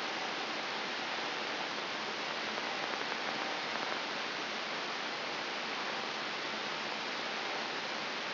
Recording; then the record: brain microelectrode recording played as sound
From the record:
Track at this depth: outside the subthalamic nucleus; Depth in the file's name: 7.528 mm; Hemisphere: right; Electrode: 3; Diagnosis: Parkinson's disease